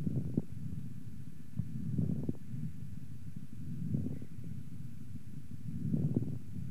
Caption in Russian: Влажные мелкопузырчатые хрипы у больной с острой бронхопневмонией. Основной дыхательный шум представлен жестким дыханием. После покашливания характер хрипов изменился.